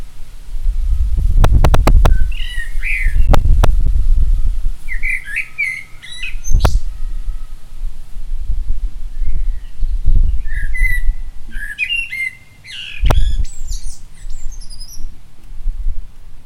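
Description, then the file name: Common blackbird calls: scattered groups of high chirps throughout, broken by several loud, low thumping knocks. "Turdus merula"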